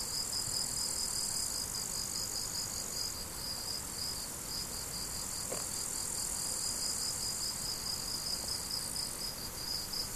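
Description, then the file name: Cricket chirping in a fast pulsed series over a shrill continuous insect chorus, with a brief click near the middle. Crickets recorded 17 July 2012 with an MZ-N710 recorder. "mz-n 710 grillons 17 07 2012"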